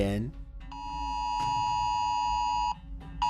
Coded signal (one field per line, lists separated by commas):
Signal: Emergency Alert System (SAME) tones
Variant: 853 and 960 Hz attention tone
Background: speech, music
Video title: Top 15 Scary Emergency Alerts Broadcast Live